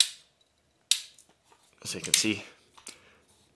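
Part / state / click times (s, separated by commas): tripod leg angle latch in the leg hinge / seated / 0.0 s, 0.9 s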